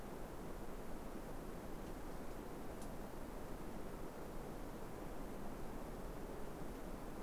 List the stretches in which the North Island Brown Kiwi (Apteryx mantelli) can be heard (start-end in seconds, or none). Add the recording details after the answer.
none. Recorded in New Zealand on 3 December 2015. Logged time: 00:13. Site BZ73